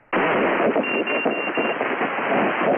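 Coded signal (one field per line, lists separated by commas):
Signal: none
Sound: a radio's beeps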